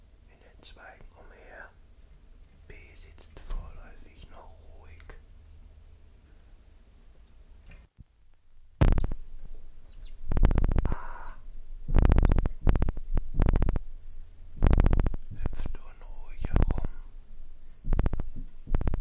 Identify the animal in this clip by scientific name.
Phylloscopus collybita